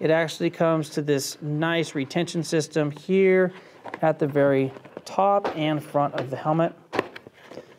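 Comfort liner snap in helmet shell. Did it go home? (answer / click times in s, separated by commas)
released / 7.0 s, 7.2 s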